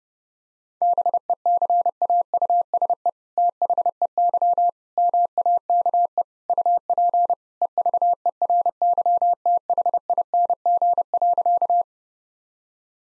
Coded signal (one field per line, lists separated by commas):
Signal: Morse code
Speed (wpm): 30 wpm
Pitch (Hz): 700 Hz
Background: none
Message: BECAUSE THEY MAKE UP EVERYTHING.